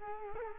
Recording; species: mosquito wingbeat signal from an infrared sensor; Culex quinquefasciatus